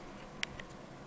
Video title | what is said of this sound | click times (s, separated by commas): Installing the Ink and Print Head | also spring-loaded but you're gonna pull that up until it clicks into position that | 0.4 s